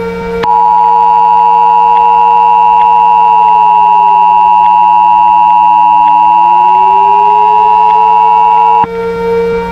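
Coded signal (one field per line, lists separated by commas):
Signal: Emergency Alert System (SAME) tones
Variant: 853 and 960 Hz attention tone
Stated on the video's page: Simulated mini EAS scenario.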